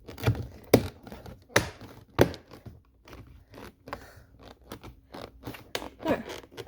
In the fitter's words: and then this pretty much just snaps back in there that piece